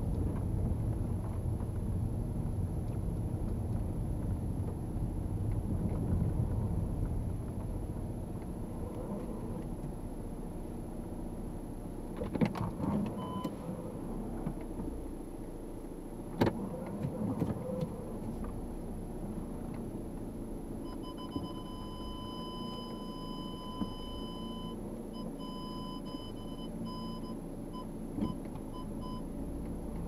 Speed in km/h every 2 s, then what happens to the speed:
10, 10, 7, 4, 4, 0, 2, 0, 0, 0, 0, 0, 0, 0, 0.
0-10 slows to 0. 10-30 standing.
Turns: none.